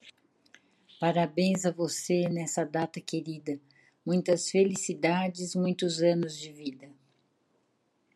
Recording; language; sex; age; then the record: short text; Brazilian Portuguese; female; 60 to 69 years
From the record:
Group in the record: control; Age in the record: 69 years